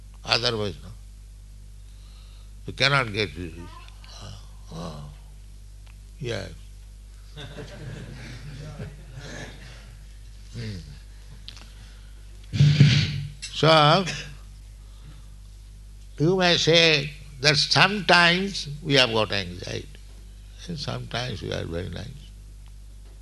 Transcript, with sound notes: Otherwise not. You cannot get relief. Yes. [laughter] So you may say that "Sometimes we have got anxiety, and sometimes we are very nice."